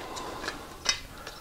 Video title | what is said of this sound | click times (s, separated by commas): how to install a drain in a custom shower | the drain actually will click right inside of this | 0.9 s